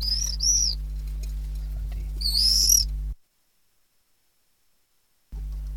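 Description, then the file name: Common swift calls: two short high screeching trills at the start and one longer wavering scream near three seconds, over a low hum, then a silent gap. "apus apus"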